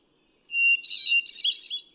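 Hermit thrush song: a sustained pure whistle followed by rich, rapidly wavering flute-like notes climbing higher, clear against silence.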